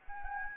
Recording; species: mosquito wingbeat signal from an infrared sensor; Anopheles gambiae